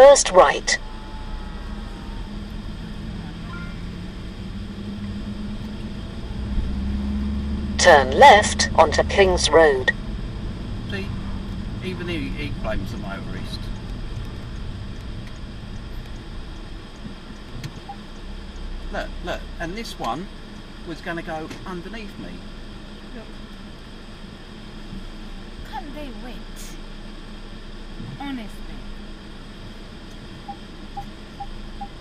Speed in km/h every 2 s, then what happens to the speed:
8, 11, 5, 13, 19, 26, 21, 18, 0, 0, 0, 0, 0, 0, 0, 0.
0-5 steady at about 8. 5-11 speeds up to 26. 11-16 brakes to 0. 16-32 standing.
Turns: none.